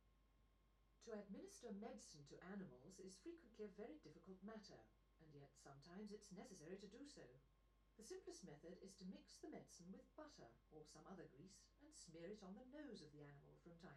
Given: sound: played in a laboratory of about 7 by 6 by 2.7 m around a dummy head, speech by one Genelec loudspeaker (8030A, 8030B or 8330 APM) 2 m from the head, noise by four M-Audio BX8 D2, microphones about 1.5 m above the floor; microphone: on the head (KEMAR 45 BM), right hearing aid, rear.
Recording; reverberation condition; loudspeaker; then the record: female speech in English; low; 90 degrees to the left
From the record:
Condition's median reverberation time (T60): about 310 ms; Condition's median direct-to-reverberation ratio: about 3.5 dB